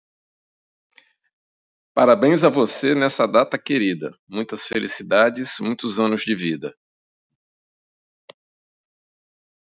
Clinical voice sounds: short text; Brazilian Portuguese; male; 50 to 59 years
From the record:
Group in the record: control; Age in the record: 55 years

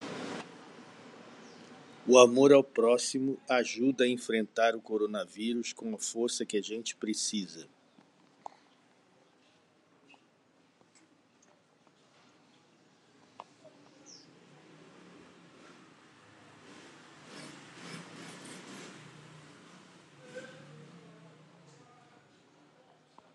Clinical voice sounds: spoken sentence; Brazilian Portuguese; male; 60 to 69 years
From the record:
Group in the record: control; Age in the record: 60 years

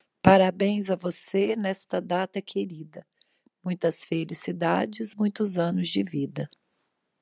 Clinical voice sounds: short text; Brazilian Portuguese; female; 30 to 39 years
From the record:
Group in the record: control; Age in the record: 39 years

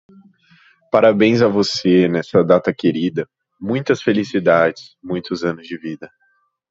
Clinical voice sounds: short text; Brazilian Portuguese; male; 20 to 29 years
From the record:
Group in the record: control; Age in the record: 20 years

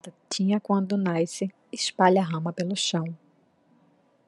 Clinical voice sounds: short text; Brazilian Portuguese; female; 30 to 39 years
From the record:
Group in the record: control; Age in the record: 33 years

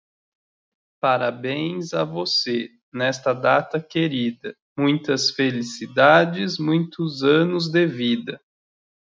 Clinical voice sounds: short text; Brazilian Portuguese; male; 30 to 39 years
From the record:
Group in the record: control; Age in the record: 33 years

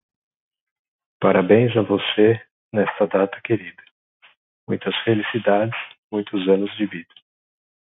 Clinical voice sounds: short text; Brazilian Portuguese; male; 40 to 49 years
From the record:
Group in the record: control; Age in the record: 41 years

